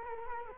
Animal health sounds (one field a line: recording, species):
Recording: mosquito wingbeat signal from an infrared sensor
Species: Culex quinquefasciatus